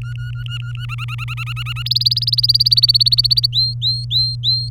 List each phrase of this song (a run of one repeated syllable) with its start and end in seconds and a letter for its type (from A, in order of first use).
0.02-0.85 A, 0.89-1.83 B, 1.85-3.47 C, 3.52-4.69 D